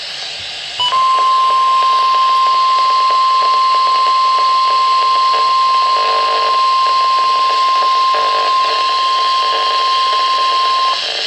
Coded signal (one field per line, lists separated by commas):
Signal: Emergency Alert System (SAME) tones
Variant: 1050 Hz attention tone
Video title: Tornado Warning [EAS #189] 6/12/13